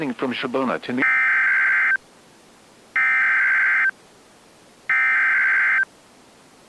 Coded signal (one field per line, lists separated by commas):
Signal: Emergency Alert System (SAME) tones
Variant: header bursts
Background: speech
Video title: (EAS#2) TORNADO WARNING (2/27/2024)